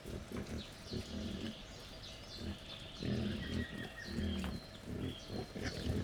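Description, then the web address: Wild boar producing clusters of deep grunts, louder in the second half, with chirping birds. Wild boar at a laid-out feeding table, Jászberény Zoo, 1 May 2015. "allathangok jaszberenyizoo 2015 professzionalis vaddiszno teritettasztal c 05 01"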